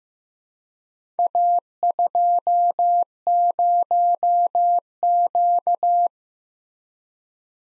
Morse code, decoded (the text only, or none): A20Q